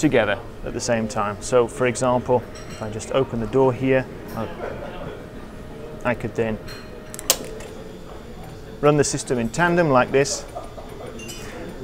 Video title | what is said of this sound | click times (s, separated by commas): PANalytical Eagon 2 Automated Fusion Bead Sample Preparation System | and that click sound you heard was the door with the doors being locked | 7.3 s